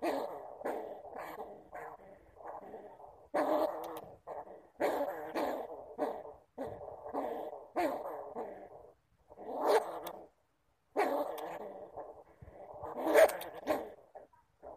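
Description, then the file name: Bamboo rat giving harsh, harmonic growling bursts of one to two seconds, separated by short pauses and a few sharp clicks. "Tieng dui keu"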